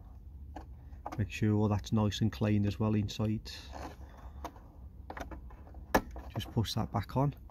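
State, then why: Not seated. A plastic part, the mirror glass or cover, is pushed back onto the wing mirror housing of a Mercedes Sprinter during a bulb replacement, while someone talks. Brief handling taps and knocks are heard around 0.6 s and 1.1 s, and again between 5.1 s and 6.4 s, the sharpest at about 6.0 s. Nothing has seated or clicked into place yet.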